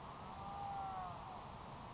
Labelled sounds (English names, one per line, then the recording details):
Grasshopper Sparrow
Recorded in Sonoma County, California